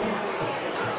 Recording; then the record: coughing mixed with background sound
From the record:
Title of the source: Cough Around the Clock!